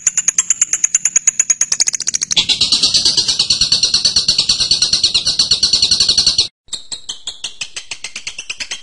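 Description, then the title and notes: Bird song: quickening ticking notes leading into long dense high chatter, a brief silence, then more spaced sharp notes. Masteran birdsong recording used to teach other birds. "MASTERAN BURUNG. suarane manok"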